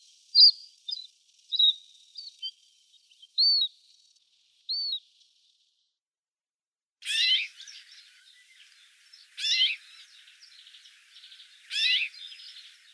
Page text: Чечевица обыкновенная (Carpodacus erythrinus) - Пение